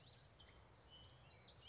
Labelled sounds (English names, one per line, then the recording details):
Common Yellowthroat
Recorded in Sonoma County, California